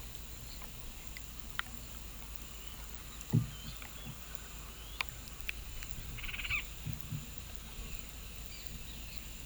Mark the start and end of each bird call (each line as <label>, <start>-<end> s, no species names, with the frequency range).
bird call (2.9-5.7 kHz), 3.46-3.77 s
bird call (0.9-4.6 kHz), 6.05-6.71 s